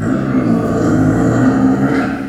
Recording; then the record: squeal of a Yucatan mini pig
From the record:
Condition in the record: after surgery on the right vocal fold (resection and tissue-engineered implant); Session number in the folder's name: 3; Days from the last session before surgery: 21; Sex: female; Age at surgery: 19 weeks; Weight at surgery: 25 kg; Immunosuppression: prednisolone